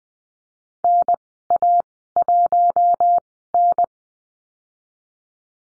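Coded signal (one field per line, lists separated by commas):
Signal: Morse code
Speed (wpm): 20 wpm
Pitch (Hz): 700 Hz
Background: none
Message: NA1N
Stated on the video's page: Morse code course lesson on numbers and call signs at Farnsworth speed 20/10 WPM.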